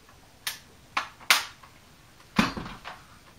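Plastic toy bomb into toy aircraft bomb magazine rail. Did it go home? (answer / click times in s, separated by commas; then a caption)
yes / 1.3 s. A small plastic toy bomb is slid along the rail of the clear bomb magazine on a 1989 G.I. Joe Cobra Condor Z25 toy jet until the divot on its tail locks into place. Sharp plastic clicks sound at about 0.5 and 1.0 seconds, then the loudest click at 1.3 seconds as the bomb seats. A further, more rattly click follows at about 2.4 seconds.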